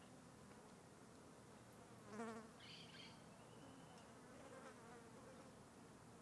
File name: Vale perto da serra periquitos voando insetos